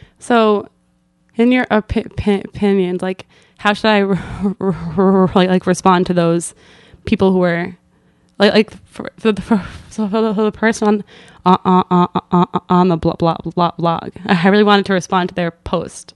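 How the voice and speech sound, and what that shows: An adult woman who stutters speaks in halting bursts with repeated sounds and words, such as "like, like" and "fuh, fuh", stretched sounds, and long silent breaks mid-sentence. These are the repetitions, prolongations and blocks of stuttering.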